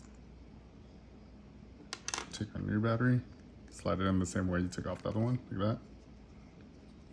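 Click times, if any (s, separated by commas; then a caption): none. A new CR2032 coin cell battery is handled and slid into the battery holder of a 2014-2020 Acura MDX key fob, the same way the old one came out. A few sharp, small clicks and taps come at about 1.9 to 2.2 seconds while someone talks. Nothing has seated or clicked into place yet by the end.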